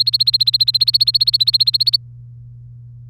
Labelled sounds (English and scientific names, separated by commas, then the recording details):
Domestic Canary (Serinus canaria) song
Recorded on 3 May 2018 at 10:20
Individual llb3